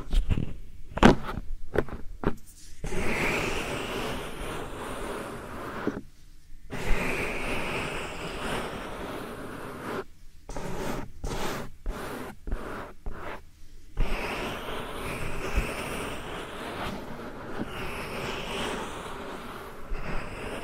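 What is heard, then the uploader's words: Soft powder rubbed against the ears makes a dense, steady rustle, a hissy brushing that stays fairly even for long stretches. It is broken by brief silent gaps, a quick cluster of them around the first few seconds and more between ten and fourteen seconds, with occasional sharper taps. ASMR Real Soft Powder Ear Massage (No Talking).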